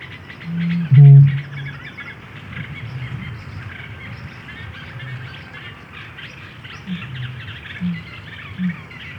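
Bittern booming, a deep low hollow boom near one second, with fainter low sounds later.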